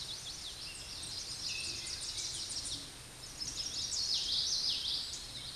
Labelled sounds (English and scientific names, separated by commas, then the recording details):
Common Yellowthroat (Geothlypis trichas) song
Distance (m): 10 m
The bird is about level with the microphone
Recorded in a Pennsylvania forest on 16 May 2024 at 09:50
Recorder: AudioMoth, point MSD-2320
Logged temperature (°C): 12.8 °C
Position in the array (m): 224 m, 186 m